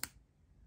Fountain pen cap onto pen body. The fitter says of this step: touching the metal inside the cap until it clicks